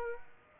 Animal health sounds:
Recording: mosquito wingbeat signal from an infrared sensor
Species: Aedes aegypti

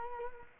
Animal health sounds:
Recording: mosquito wingbeat signal from an infrared sensor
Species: Culex quinquefasciatus

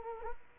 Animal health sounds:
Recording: mosquito wingbeat signal from an infrared sensor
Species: Culex quinquefasciatus

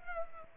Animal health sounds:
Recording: mosquito wingbeat signal from an infrared sensor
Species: Culex pipiens

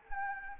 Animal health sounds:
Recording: mosquito wingbeat signal from an infrared sensor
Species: Anopheles arabiensis

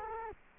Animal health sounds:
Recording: mosquito wingbeat signal from an infrared sensor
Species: Culex quinquefasciatus

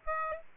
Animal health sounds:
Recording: mosquito wingbeat signal from an infrared sensor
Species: Aedes aegypti

